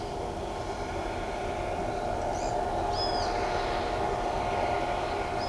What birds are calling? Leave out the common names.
Atalotriccus pilaris, Milvago chimachima